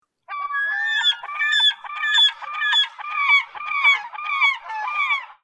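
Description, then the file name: Slaty-backed gull calls: a harsh series of repeated notes with strong harmonics, about two per second, sustained for several seconds. "oosegurokamome"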